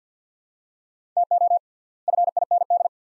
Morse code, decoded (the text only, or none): TO FIND